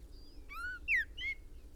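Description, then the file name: Common blackbird giving a series of brief whistled notes, the loudest one falling in pitch, against a low background hum. "Turdus merula"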